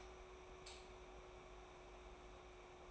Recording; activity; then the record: daily activity, microphone in the room; light on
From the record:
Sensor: 1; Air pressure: 991.0 hPa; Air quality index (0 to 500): 108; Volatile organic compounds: 94 ppm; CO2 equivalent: 3717 ppm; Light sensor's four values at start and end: 23/51/22/24 and 26/66/27/29